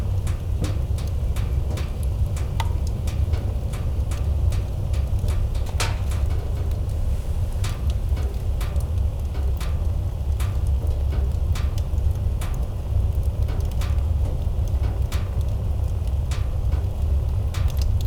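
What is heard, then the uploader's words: A wood fire burns with a steady low roar underneath. Sharp crackles and pops break through constantly at irregular moments, some louder snaps standing out, such as one around six seconds. The overall level stays even throughout. Wood Fire by Daniel Dorsch.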